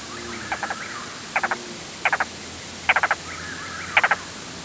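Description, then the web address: Yellow-billed cuckoo call: short clusters of three or four hollow, knocking notes separated by short pauses, with faint, softer calls in the background. "cuckoos ybcu"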